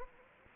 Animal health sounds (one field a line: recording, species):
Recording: mosquito wingbeat signal from an infrared sensor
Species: Anopheles gambiae